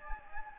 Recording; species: mosquito wingbeat signal from an infrared sensor; Anopheles gambiae